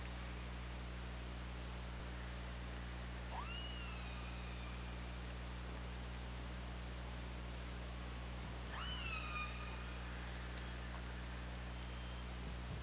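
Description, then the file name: Killer whale calls twice, about five seconds apart, each sweeping up and flattening with layered harmonics, with a low hum running underneath. Recorded on the OrcaLab hydrophone, 24 August 2017 at 21:34. "Orca Lab UTLN JASON 20170824 213442"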